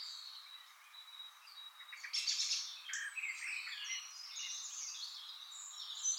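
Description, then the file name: European robin delivering a soft opening then a burst of high, jumbled twittering and sliding whistles that continues steadily. "Erithacus rubecula"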